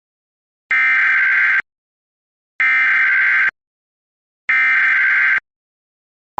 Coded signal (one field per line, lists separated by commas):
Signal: Emergency Alert System (SAME) tones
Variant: header bursts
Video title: EAS Recreation (09/30/24): AT&T 911 Outage